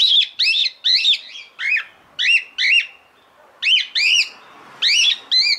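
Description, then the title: Cockatiel song: bright arched whistles repeated irregularly, with a brief quiet gap midway before the whistling resumes. One-hour song recording for training cockatiels. "Canto De 1 Hora Para Treinar Calopsita"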